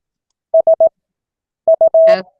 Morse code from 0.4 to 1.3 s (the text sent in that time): S